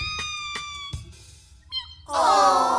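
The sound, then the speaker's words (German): A very small kitten clinging to the wheel of a toy boat out at sea lets out a loud, drawn-out plaintive meow near the end, after a stretch of soft sustained tones punctuated by a few light clicks. “Es hatte große Augen und miaute kläglich, während es sich verzweifelt am Steuer des Spielzeugbootes festklammerte.”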